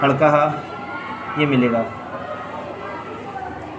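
A wire is oriented and lined up with a push-in lock connector on the inverter board of a Smarten 15 kVA solar PCU before being pressed in. Someone talks briefly over a low background hum. Nothing has seated or clicked yet.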